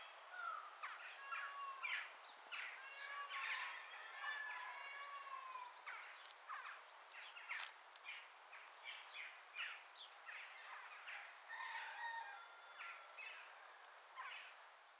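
Birds in chorus: dense overlapping chirps, whistles and trills from several singers, continuous throughout with soft background noise.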